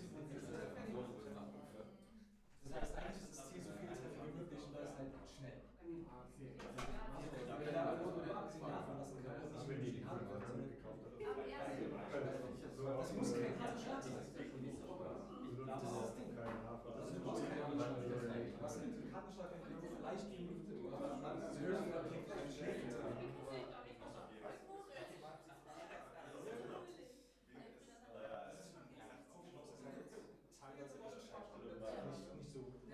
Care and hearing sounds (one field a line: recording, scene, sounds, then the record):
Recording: everyday scene through a hearing-aid microphone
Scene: many people talking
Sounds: many voices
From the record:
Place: bistro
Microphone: behind the ear, left, rear